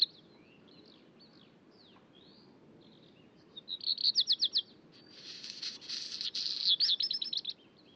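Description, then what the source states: Black Redstart song: faint thin notes, then a fast rattling phrase, a long crackly scratching section, and closing high twitters. Dawn chorus in high-mountain alpine pasture at Col du Granon, 2400 m, Hautes-Alpes above Briançon, France; 23 June 2018, about 4:45 am at daybreak, around 5 °C, very clear sky.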